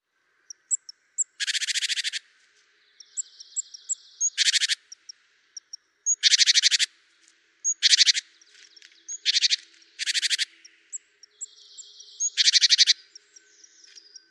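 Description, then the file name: Great tit: dry, rattling churr calls in several separate bursts, mixed with sharp high ticking and thin whistled notes. "Parus major"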